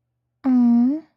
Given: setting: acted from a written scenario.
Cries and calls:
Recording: vocal sound without words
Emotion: sympathy

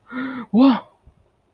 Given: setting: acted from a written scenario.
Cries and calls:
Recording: vocal sound without words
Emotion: negative surprise

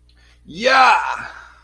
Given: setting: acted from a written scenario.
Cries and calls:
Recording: vocal sound without words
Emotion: triumph

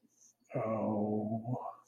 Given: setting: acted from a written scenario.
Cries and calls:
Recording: vocal sound without words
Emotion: shame

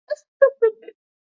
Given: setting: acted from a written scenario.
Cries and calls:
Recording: vocal sound without words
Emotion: sadness

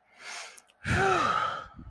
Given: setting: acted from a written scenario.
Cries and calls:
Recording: vocal sound without words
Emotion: relief

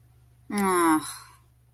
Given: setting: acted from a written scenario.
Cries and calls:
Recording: vocal sound without words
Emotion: disappointment

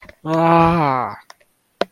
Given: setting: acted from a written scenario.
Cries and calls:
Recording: vocal sound without words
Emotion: distress

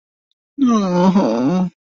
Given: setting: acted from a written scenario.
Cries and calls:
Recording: vocal sound without words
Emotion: romantic love

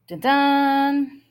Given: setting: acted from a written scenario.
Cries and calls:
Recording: vocal sound without words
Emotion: triumph

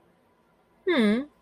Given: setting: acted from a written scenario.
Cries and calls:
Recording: vocal sound without words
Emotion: disappointment

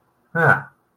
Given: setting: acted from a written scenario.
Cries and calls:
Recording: vocal sound without words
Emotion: contentment

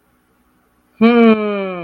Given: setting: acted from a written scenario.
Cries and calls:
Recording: vocal sound without words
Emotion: confusion

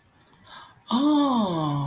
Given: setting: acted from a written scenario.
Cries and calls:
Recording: vocal sound without words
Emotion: realization

